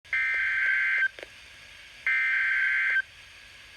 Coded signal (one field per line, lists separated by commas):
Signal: Emergency Alert System (SAME) tones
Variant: header bursts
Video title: Severe Thunderstorm Warning #4 - 05/17/17 (EAS #1,318)